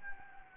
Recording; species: mosquito wingbeat signal from an infrared sensor; Anopheles gambiae